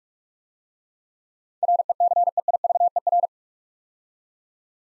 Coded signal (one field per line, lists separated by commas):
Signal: Morse code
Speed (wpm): 44 wpm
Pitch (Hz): 700 Hz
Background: none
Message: RECEIVER